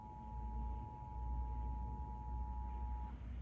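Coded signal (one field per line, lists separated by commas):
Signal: Emergency Alert System (SAME) tones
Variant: 853 and 960 Hz attention tone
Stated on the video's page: Real Pennsylvania Required Monthly Test aired on TV stations and a cable provider.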